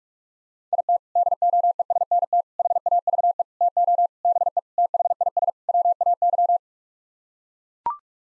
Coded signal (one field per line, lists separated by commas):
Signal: Morse code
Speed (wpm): 44 wpm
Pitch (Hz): 700 Hz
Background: none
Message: IT DOESNT HAVE TO BE THIS WAY